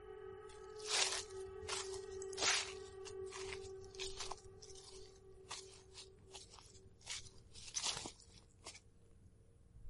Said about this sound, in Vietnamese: Đường núi nhiều đá vụn, chân dẫm lên sẽ phát ra những tiếng loạt xoạt. Cả núi rừng hoang sơ cũng chỉ có âm thanh này rền vang. Tôi vừa đi vừa nghe tiếng bước chân.